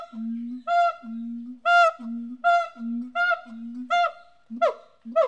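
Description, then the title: Siamang calling in a regular pattern: low droning booms alternating with loud barks, roughly one per second, ending in quicker sliding whoops. "MONKEY, SIAMANG, HYLOBATES SYNDACTYLUS, ANIMAL. DIGIFFECTS. Primates - Monkeys, Chimps, Apes"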